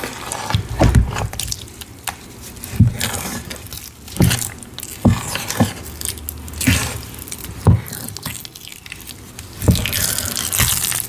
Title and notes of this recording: Sifting, Mixing, Reforming Green Cornstarch & Gym Chalk Powders. Sifting asmr, powder play, pouring water, mixing paste, reforming cornstarch and dyed gym chalk powder